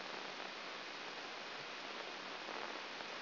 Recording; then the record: brain microelectrode recording played as sound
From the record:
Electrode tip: outside the subthalamic nucleus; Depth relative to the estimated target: -6 mm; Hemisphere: left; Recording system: AlphaMap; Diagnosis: Parkinson's disease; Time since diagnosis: 9 years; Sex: female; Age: 40 years